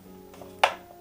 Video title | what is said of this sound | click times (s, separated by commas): GVM-SD200D - 200W LED Bowen Spotlight for Photo & Video | Click right in and then | 0.6 s